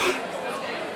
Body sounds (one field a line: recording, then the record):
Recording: coughing mixed with background sound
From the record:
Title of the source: 64 coughing, allergies, singing lungs